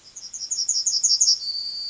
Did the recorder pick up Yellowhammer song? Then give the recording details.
yes. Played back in forest. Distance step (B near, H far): C. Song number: 029